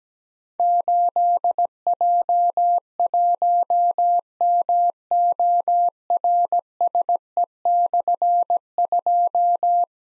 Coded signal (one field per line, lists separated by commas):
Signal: Morse code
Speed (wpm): 17 wpm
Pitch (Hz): 700 Hz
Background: none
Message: 8J1MORSE/2